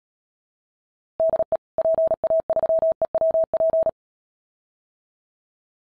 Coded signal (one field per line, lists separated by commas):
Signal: Morse code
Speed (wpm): 36 wpm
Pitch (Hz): 650 Hz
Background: none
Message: DE PA3EWP